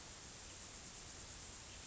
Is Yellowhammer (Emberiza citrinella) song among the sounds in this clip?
no